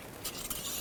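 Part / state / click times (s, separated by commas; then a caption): engine oil dipstick into dipstick tube / not seated / none. After being wiped, the engine oil dipstick with a plastic handle on a 2008-2013 Honda Accord is pushed back into its dipstick tube during an oil change. Soft scraping and rustling bursts are heard, with brighter bursts near 0.3 and 0.5 seconds. The dipstick has not seated or clicked in yet.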